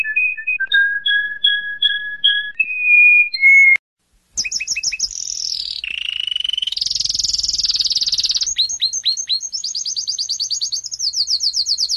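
Domestic canary opening with clear spaced whistled notes, a short pause, then continuous fast trills and rolling warbles rising and falling in pitch.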